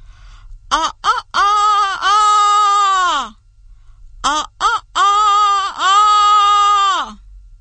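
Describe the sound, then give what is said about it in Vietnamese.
At daybreak, a human voice mimics a rooster's crow twice, each a loud harmonic call with short clipped notes rising into a long held tone that drops off at the end. “Lỗ Cương bắt chước tiếng gáy của con gà trống để dọa anh mình.”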